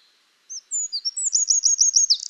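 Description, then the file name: Eurasian wren song beginning with thin high notes that quicken into a rapid, evenly repeated trill, closing in a brief buzz. "Troglodytes troglodytes"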